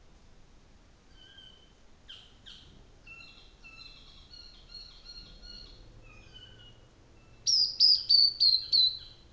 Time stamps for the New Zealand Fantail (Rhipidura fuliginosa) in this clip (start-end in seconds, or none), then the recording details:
none. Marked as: faintness 3/5, faintness 4/5. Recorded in New Zealand on 24 December 2018. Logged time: 14:05